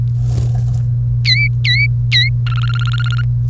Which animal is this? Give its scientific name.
Serinus canaria